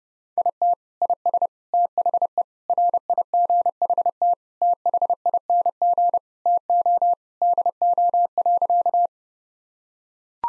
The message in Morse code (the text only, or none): IT IS THE RIGHT THING TO DO.